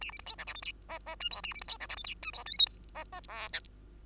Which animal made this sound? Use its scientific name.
Lonchura striata domestica